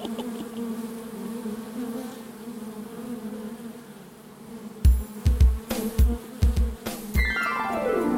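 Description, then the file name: Bee buzz, a low droning hum, joined midway by a series of dull knocks and a falling whistle-like tone. "bienen"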